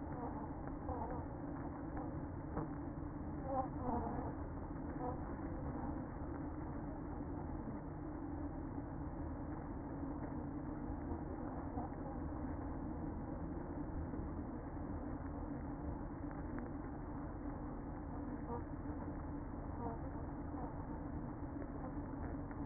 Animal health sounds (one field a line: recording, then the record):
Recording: honeybee colony, microphone inside the hive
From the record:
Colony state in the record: queen present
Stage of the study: after two queens were removed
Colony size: about 60,000 bees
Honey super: yes